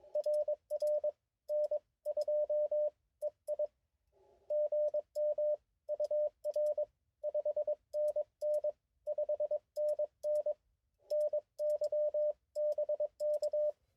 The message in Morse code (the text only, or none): RR N2EI GM UR 5NN 5NN NY BK